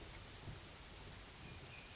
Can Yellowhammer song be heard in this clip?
no